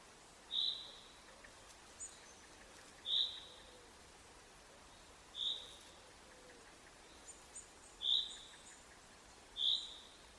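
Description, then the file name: Common chaffinch calling, five brief high notes at uneven gaps over soft background hiss. "Fringilla coelebs"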